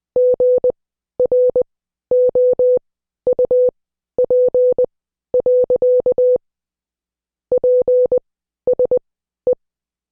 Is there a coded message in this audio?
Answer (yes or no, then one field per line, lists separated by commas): yes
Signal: Morse code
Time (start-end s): 0.2-9.5 s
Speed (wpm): 20 wpm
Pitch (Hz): 500 Hz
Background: none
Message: GROUP. PSE